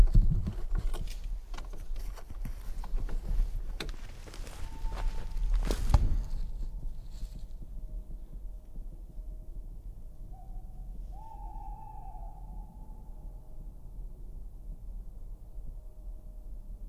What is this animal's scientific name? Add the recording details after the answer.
Strix aluco. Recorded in the wild. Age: adult. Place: Altsorgefeld, NSG Rochauer Heide, Brandenburg, DE. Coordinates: 51.7808, 13.5525. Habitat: wood. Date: 2007-02-06 17:51. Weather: 0°C, sternenklare Nacht, windstill. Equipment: Sound Devices 702, Sennheiser MKH 416T, Windkorb. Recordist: Frommolt, Karl-Heinz